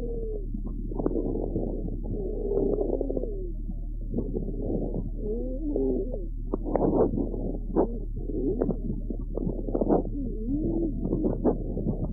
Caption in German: Pferd mit chronisch obstruktiver Bronchitis. Neben dem deutlichen inspiratorischen trockenen Rasseln und Knistern ein periodisch wiederkehrendes expiratorisches tieffrequentes Giemen hörbar.